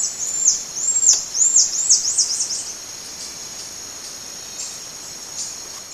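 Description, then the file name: Buffy-tufted marmoset calling with a rapid series of high, arching whistles for about two and a half seconds, then only a steady shrill background drone. Recorded in Salesópolis, São Paulo, Brazil, on 27 April 2013. "Callithrix aurita Salesopolis SP Brasil"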